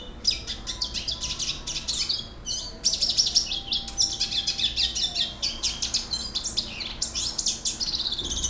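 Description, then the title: Red siskin singing a rapid run of high twittering notes and buzzy chips, with a short break before a second fast burst. "Pavanegra. cardenalito cantando"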